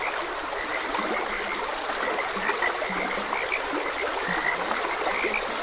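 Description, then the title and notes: Frog chorus of dense short croaks and chirps, a few low drawn-out croaks, with the steady babble of a stream running underneath. Frogs croaking beside a gentle stream. "Frogs Croaking. Sleep and Relaxation Podcast"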